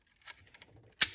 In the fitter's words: bring it back and then it clicks into place and you're ready to go